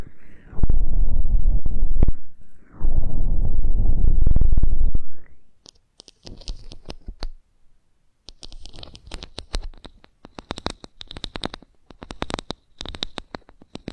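Ear cleaning and ear massage sounds. For the first five seconds, two loud bursts of deep, muffled rubbing press against the ear. After that come quieter, brighter scratching and crackling taps in quick irregular clusters until the end.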